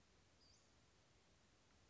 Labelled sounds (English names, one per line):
Western Flycatcher